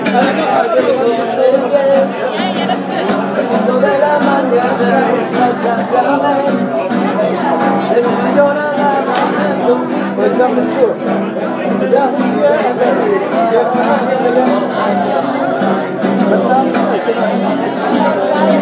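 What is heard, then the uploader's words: A busy café room full of overlapping conversation, steady and dense throughout. Sharp clicks and clacks of backgammon pieces and dice land every second or so, and a guitar plays underneath the voices, mostly masked by the chatter. Backgammon and Spanish guitars at Mano Cafe on Wednesday night.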